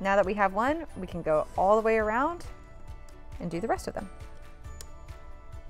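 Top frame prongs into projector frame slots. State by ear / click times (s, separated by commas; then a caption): not seated / none. Someone talks over background music while handling the top plastic frame of a planetarium projector, getting ready to press its remaining prongs into the rectangular slots of the projector frame one by one. Nothing has seated or clicked yet.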